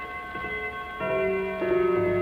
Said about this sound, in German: Deutsche Lieder, die im deutschen Volksempfinden fest verwurzelt sind, haben die Kinzler Uhrenfabrik für ihre neuen Gongs gewählt. Hören Sie den deutschen Gong, Halbstundenschlag.